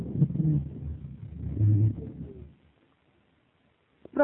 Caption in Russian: Пациента, страдающего фиброзно-кавернозным туберкулезом легких. Справа. Над симметричным участком грудной клетки, в зоне проекции крупной туберкулезной каверны, отчетливо выслушивается амфорическое дыхание.